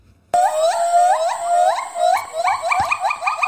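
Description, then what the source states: Gibbon calling: a series of rising whoops that speed up into quick, excited notes. Played in a guess-the-animal game; one of two more unusual animals not easily met locally; likened to an escalating computer noise.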